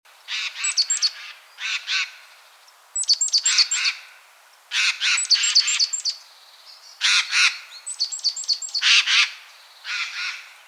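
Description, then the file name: Eurasian jay calls: harsh, rasping screeches in short clusters, repeated every second or two, with thin, high, clicking notes mixed into several bursts. "Garrulus glandarius"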